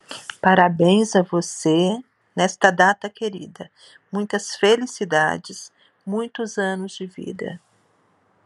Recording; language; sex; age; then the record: short text; Brazilian Portuguese; female; 50 to 59 years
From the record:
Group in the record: control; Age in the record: 54 years